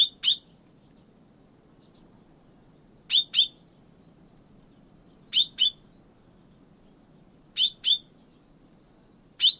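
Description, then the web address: Bird calling in sharp doubled chirps, the pairs two to three seconds apart, with a soft low hum behind. "Bird Only"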